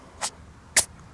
The idea of a bat sneezing. That little puff. The sound of a bat sneezing.